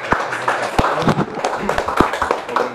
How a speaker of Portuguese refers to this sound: Obrigado, senhora. Uma salva de palmas, então.